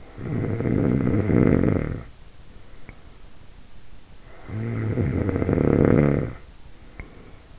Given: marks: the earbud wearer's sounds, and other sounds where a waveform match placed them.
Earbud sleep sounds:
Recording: sounds in sleep by an in-ear microphone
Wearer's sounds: snoring breath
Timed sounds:
0.00-3.31 s: snoring breath
4.00-7.54 s: snoring breath

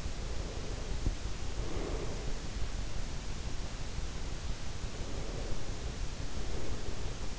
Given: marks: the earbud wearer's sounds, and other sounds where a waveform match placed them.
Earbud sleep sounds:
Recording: sounds in sleep by an in-ear microphone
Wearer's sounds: breath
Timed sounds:
0.20-2.48 s: breath
5.00-7.39 s: breath

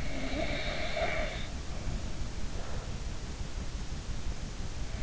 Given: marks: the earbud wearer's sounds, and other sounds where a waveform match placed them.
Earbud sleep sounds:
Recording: sounds in sleep by an in-ear microphone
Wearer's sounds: snoring breath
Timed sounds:
0.00-3.08 s: snoring breath

